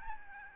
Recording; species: mosquito wingbeat signal from an infrared sensor; Aedes albopictus